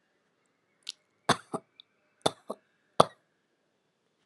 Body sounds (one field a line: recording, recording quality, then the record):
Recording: shallow voluntary cough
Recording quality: excellent, no background noise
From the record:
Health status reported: healthy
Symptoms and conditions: none ticked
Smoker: not ticked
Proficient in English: yes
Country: India